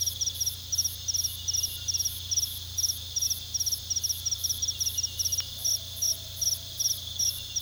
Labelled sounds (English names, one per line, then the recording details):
none
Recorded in pastures near Puerto Asís, Putumayo, Colombia, on 18 February 2024 at 01:00
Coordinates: 0.486, -76.323
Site G6462